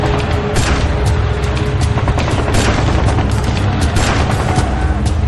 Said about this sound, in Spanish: Los soldados también son víctimas de los disparos provenientes del edificio Chihuahua y otros puntos altos de la plaza. Y devuelven el fuego.